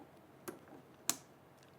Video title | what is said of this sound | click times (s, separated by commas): How to thread a sewing machine - Echidna Sewing | You should hear a small click which indicates that it's on correctly. | 1.1 s